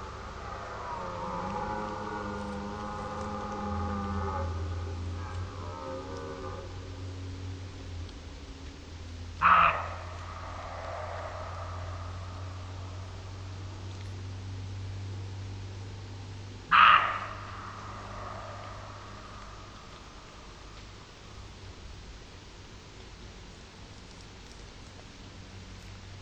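A red deer roar in the forest: a long, wavering, groaning call fills the first seven seconds. Two sharp, short bursts cut in at about nine and seventeen seconds, over a steady low hum that drops away after eighteen seconds.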